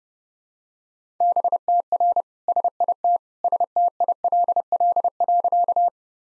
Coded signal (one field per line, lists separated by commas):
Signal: Morse code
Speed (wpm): 30 wpm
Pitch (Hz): 700 Hz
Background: none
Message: BTR SIT STILL.